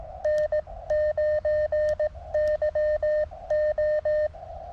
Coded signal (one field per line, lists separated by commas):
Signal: Morse code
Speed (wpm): 17 wpm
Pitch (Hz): 610 Hz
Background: none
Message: N9YO